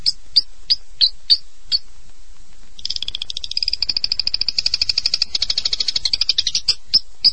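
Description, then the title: Long-tailed shrike song: several sharp notes, then a long, fast buzzy trill, ending with a few more spaced chirps. "Kicau Burung Pentet"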